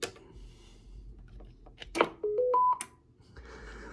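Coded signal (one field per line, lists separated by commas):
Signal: roger beep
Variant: Stryker roger beep 8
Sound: three quick rising beeps, low to high, then a click and radio hiss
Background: radio static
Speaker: And last but not least, Roger beat number 8.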